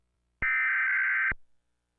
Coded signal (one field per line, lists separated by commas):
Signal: Emergency Alert System (SAME) tones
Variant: header bursts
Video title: TV EAS #4 (EAS# 10): Required Monthly Test (4/28/15)